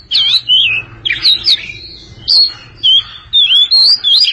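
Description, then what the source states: Oriental magpie-robin song: clear, sweet whistled phrases with rising and falling slurs, delivered in separate bursts over a quiet low hum. Long-duration song.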